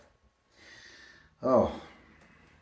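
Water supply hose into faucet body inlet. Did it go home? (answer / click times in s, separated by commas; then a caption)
no / none. A hot-water supply hose with dual O-rings is pushed into the inlet under a BWE waterfall faucet, but nothing clicks into place because the hose has to be threaded in instead. Soft breathy hiss runs from about 0.5 to 1.4 s, then a short, loud voiced exclamation around 1.4 to 1.8 s, and someone talks.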